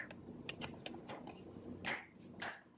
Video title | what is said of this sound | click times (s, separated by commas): FRE or NUUD? Which LifeProof Case to Choose for iPhone 8 Plus?? | once it is snapped into place we have a nice tight secure fit everywhere | 0.5 s, 0.9 s